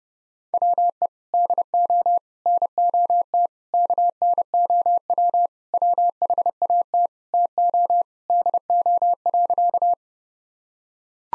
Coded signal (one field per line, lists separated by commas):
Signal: Morse code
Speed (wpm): 30 wpm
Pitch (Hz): 700 Hz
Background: none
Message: WE DO NOT KNOW WHAT TO DO.